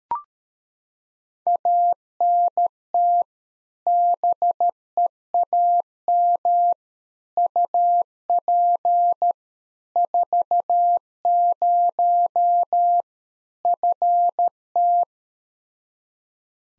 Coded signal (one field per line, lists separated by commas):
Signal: Morse code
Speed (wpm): 13 wpm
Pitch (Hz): 700 Hz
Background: none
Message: ANT BEAM UP 40 FT